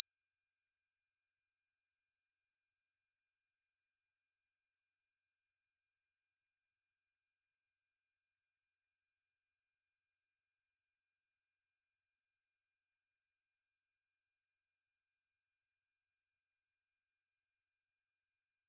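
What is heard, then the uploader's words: A pure sine tone holds at 5599 Hz, a single thin, bright whistle high in pitch. It stays perfectly steady and unchanging in pitch and loudness for the full nineteen seconds, with no pulsing, no other sounds, and a silent background. 5599 Hz 1 Hz Interval Sine Pure Tone Frequency 441000 Sample Mono.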